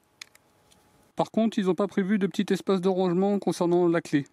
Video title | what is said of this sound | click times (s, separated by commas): LIDL meuleuse d'angle sans fil 20V parkside PWSAM 20-Li Cordless Angle Grinder Akku-Winkelschleifer | et pour reverrouiller on appuie on tourne légèrement que ça s'enclenche et après on serre | 0.2 s